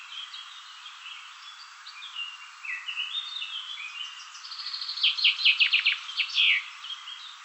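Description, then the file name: Common chaffinch song: soft mixed bird chatter, then one strong descending trill of repeated notes ending in a short, sharp downward flourish. "Fringilla coelebs"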